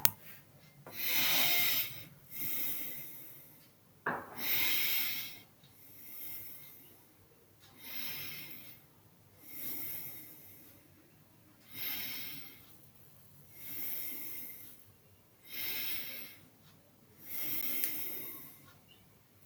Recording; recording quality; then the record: deep breathing; excellent, no background noise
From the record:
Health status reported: healthy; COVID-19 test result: not tested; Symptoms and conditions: none ticked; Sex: male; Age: 24 years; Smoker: not ticked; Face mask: not worn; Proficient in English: yes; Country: India